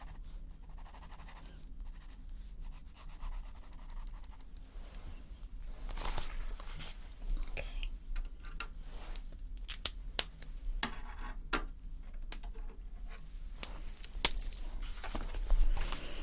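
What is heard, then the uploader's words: Pencil scratching and rubbing on paper, soft and uneven at first, growing busier after six seconds with sharp ticks and strokes over a low hum. ASMR Artist Sketches You - Personal Attention, Pencil sounds.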